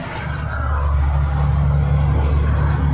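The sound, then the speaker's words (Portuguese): A car engine drones steadily alongside a truck, a loud, low rumble with a constant hum and rising road noise, holding level for about three seconds with no voices. The car carries robbers trying to rob the truck. “É um caminhoneiro que tinha um carro de assaltantes querendo fazer o, assaltar o caminhão, tá?”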